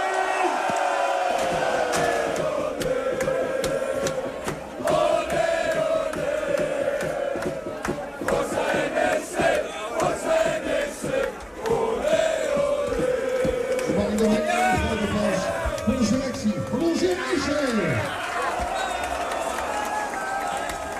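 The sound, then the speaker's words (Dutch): A big crowd of NEC football fans in Nijmegen celebrates the club's 2-1 win over NAC and its return to the Eredivisie. They cheer and shout in a continuous, loud roar, with whoops and chanting voices rising and falling throughout, and several people yelling over the din. “Het leidde in Nijmegen tot een explosie van blijdschap.”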